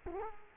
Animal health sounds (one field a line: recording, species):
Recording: mosquito wingbeat signal from an infrared sensor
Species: Culex quinquefasciatus